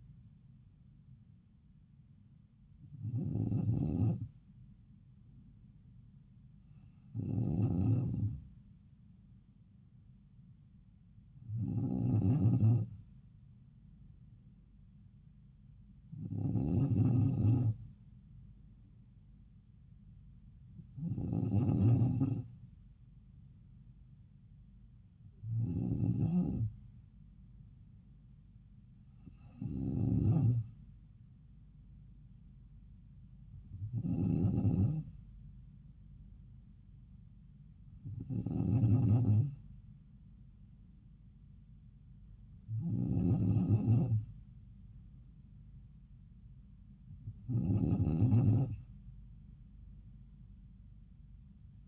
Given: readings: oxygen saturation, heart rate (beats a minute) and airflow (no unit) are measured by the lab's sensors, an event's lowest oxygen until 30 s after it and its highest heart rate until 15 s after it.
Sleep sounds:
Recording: breathing in sleep by a smartphone at the bedside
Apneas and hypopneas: none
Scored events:
none scored
From the record:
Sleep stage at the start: N2 (light sleep)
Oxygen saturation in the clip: 94%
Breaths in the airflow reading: 11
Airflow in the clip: -3.4 to 3.0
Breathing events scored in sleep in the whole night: 270 in 6.1 hours asleep

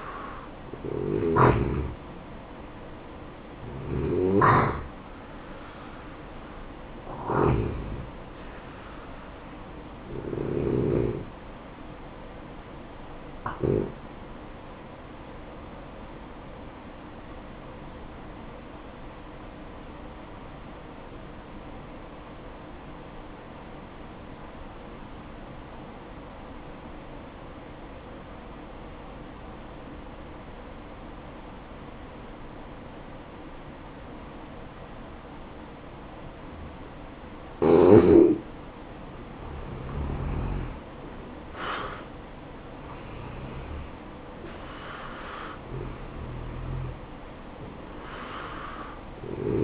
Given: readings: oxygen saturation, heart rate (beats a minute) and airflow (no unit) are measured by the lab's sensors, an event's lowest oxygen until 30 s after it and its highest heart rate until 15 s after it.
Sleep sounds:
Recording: breathing in sleep by a voice recorder at the bedside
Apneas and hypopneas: 1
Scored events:
18.00-38.90 s: obstructive apnea (N2, oxygen 95% highest, then 86% lowest, heart rate 69 at the start, 69 highest)
From the record:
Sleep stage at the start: N2 (light sleep)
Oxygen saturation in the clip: 86 to 95%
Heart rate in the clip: 59 to 69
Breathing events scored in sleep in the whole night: 573 in 9.8 hours asleep

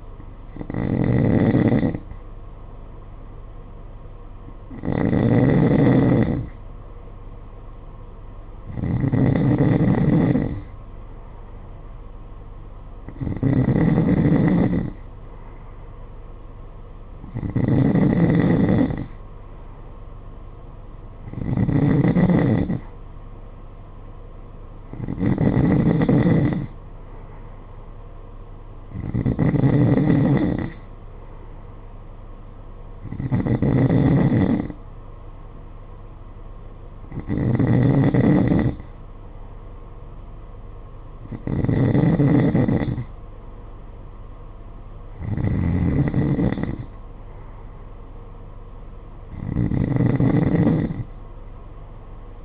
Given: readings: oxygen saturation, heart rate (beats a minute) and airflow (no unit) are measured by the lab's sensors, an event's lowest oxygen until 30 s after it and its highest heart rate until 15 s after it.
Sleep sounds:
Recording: breathing in sleep by a smartphone at the bedside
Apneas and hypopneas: none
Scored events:
5.00-35.00 s: new sleep stage, N2 (light sleep)
35.00-52.45 s: new sleep stage, N3 (deep sleep)
From the record:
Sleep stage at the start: N3 (deep sleep)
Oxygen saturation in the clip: 91 to 93%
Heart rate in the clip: 53 to 57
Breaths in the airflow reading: 13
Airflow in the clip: -7.3 to 8.2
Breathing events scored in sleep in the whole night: 476 in 9.7 hours asleep

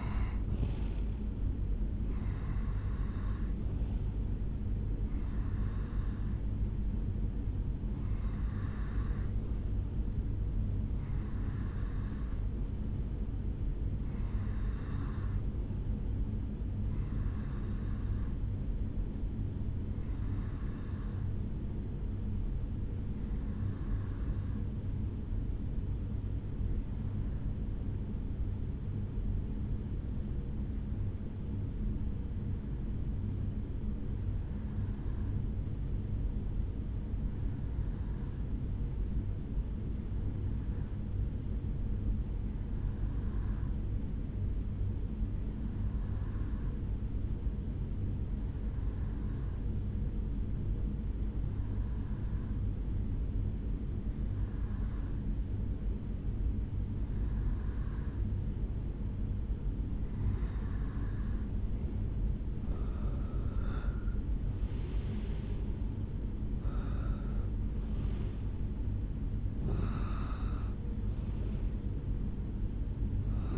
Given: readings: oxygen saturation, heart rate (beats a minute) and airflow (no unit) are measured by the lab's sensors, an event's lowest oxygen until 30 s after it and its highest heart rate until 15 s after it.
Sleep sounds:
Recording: breathing in sleep by a smartphone at the bedside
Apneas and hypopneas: 1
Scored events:
9.00-69.00 s: new sleep stage, REM sleep
16.00-60.30 s: hypopnea (REM, oxygen 92% highest, then 86% lowest, heart rate 67 at the start, 76 highest)
69.00-73.58 s: new sleep stage, N1 (lightest sleep)
From the record:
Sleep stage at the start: N2 (light sleep)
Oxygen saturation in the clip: 86 to 93%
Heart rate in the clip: 64 to 77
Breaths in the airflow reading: 24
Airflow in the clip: -11.4 to 7.9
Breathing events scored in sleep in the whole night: 449 in 7.0 hours asleep

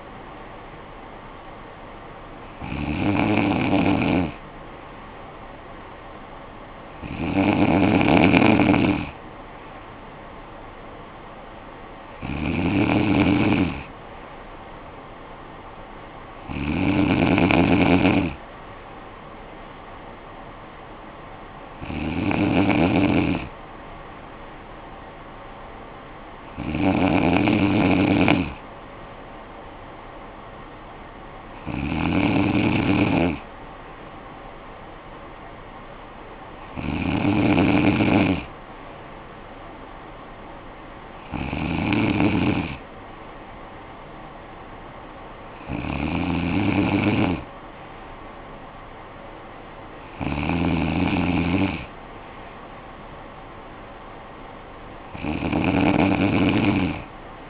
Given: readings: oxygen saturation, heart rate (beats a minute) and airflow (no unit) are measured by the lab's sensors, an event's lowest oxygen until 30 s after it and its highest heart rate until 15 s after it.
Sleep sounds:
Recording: breathing in sleep by a voice recorder at the bedside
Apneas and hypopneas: none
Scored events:
33.00-57.50 s: new sleep stage, N3 (deep sleep)
From the record:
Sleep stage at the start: N2 (light sleep)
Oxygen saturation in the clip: 95%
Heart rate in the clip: 52 to 57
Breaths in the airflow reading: 12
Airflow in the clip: -10.6 to 6.6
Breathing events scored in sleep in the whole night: 445 in 7.6 hours asleep

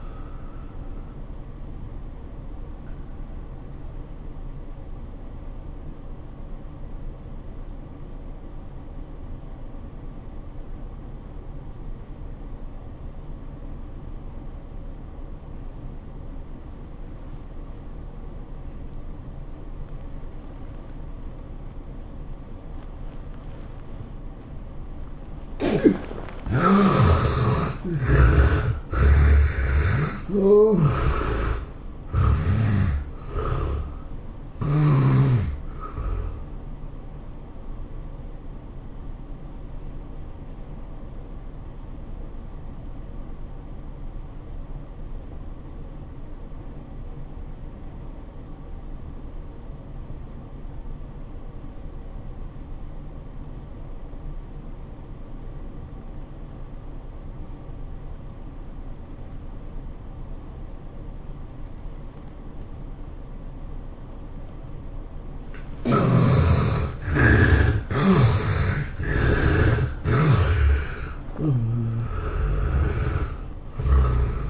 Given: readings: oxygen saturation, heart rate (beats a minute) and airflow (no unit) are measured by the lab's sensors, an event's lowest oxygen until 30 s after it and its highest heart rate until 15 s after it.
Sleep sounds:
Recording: breathing in sleep by a smartphone at the bedside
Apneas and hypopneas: 2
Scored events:
5.00-24.50 s: obstructive apnea (N1, oxygen 97% highest, then 69% lowest, heart rate 90 at the start, 108 highest)
46.00-66.20 s: obstructive apnea (N1, oxygen 96% highest, then 68% lowest, heart rate 93 at the start, 106 highest)
From the record:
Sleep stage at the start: N1 (lightest sleep)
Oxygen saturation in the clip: 69 to 97%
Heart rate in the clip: 77 to 108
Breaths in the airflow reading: 9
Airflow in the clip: -16.5 to 17.6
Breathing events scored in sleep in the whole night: 403 in 5.5 hours asleep

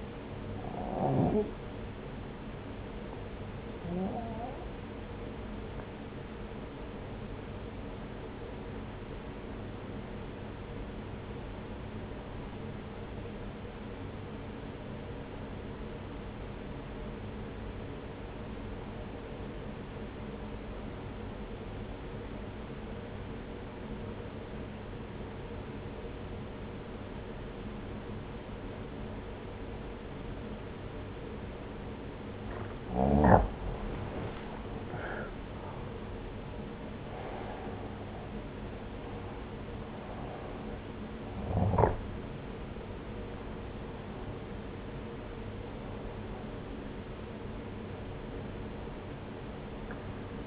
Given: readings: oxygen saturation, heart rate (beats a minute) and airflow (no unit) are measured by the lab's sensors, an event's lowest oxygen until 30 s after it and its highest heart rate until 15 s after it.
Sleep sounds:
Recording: breathing in sleep by a voice recorder at the bedside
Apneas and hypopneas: 1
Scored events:
7.00-33.30 s: obstructive apnea (N1, oxygen 95% highest, then 86% lowest)
From the record:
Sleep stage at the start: N1 (lightest sleep)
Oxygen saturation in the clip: 87 to 95%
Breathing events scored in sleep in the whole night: 303 in 8.1 hours asleep

